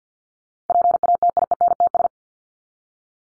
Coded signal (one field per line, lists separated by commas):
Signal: Morse code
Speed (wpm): 50 wpm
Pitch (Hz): 700 Hz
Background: none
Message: PATIENTS